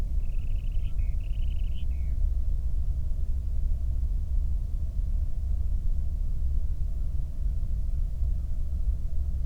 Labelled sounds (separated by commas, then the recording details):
songbird, waterfowl
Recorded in the Prudhoe Bay oil fields, Alaska, on 22 May 2019 at 01:06
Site 19